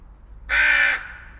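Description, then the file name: Carrion crow uttering one short, harsh, rasping caw of about half a second. "Corvus corone"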